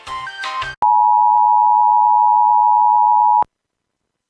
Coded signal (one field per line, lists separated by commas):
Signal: Emergency Alert System (SAME) tones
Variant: 853 and 960 Hz attention tone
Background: music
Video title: Immediate Evacuation Alert and Fire Warning for Butte County, CA from WDFA and WJON (EAS# 201-204)